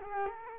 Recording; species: mosquito wingbeat signal from an infrared sensor; Culex quinquefasciatus